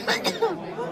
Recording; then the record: coughing mixed with background sound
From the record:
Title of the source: choking, hacking coughing